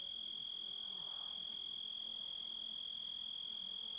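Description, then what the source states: Grasshopper sound: a continuous thin high whine, unchanging in pitch, steady from start to finish. Composite of grasshopper sounds.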